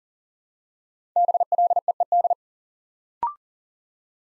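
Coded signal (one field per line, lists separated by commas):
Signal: Morse code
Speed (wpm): 40 wpm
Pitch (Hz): 700 Hz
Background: none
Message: BLEED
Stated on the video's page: Morse practice sending five-letter words one letter at a time at 40 wpm, for instant character recognition training.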